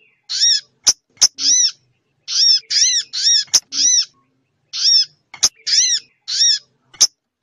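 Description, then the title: Spiderhunter song: high, arched, ringing notes given singly and in quick pairs, separated by short pauses, with sharp dry clicks between phrases. Labaik song style; used as a master track for training cage birds. "Masteran Burung Sogok Ontong Labaik"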